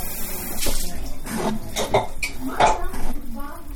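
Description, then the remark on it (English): A spoon scrapes and clinks against a bowl as ingredients are stirred, with a few irregular strokes and soft wet shuffling between them, moderately loud throughout. “Don't really mix them in, but just so they're all kind of mixed in evenly.”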